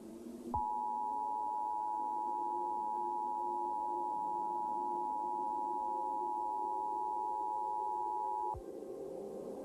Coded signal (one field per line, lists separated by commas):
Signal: Emergency Alert System (SAME) tones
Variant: 853 and 960 Hz attention tone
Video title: EAS Scenario Reactions